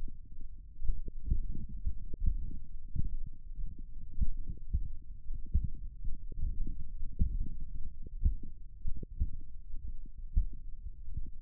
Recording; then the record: forearm muscle sounds (acoustic myography)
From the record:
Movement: finger pinch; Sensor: system 1, eight BSWA MPA416 microphones around the upper forearm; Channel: 8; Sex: male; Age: 23 years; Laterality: right